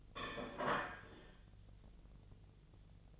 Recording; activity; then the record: daily activity, microphone in the room; place plate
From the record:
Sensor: 4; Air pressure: 1010.2 hPa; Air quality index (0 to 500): 180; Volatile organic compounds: 5 ppm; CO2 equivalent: 1826 ppm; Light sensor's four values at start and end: 30/91/35/35 and 30/90/35/35